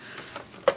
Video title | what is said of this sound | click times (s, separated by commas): Look at unusual seedlings | seed it was, and they snap in place. | 0.7 s